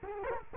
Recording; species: mosquito wingbeat signal from an infrared sensor; Culex quinquefasciatus